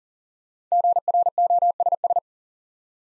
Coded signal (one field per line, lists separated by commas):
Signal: Morse code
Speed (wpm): 38 wpm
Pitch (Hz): 700 Hz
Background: none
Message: GROSS